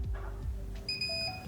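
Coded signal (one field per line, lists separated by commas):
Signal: beep code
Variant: Fardriver motor controller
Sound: a steady high electronic beep lasting about half a second, with slight breaks, over low hum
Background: low motor hum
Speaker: Gave us the two beeps. We can let off.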